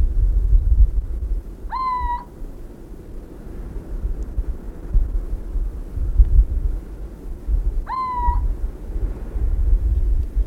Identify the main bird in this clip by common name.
Little Owl